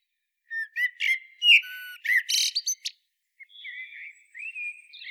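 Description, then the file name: Common blackbird song: a string of short, sharp squeaky notes, followed by softer, more drawn-out notes. "Turdus merula"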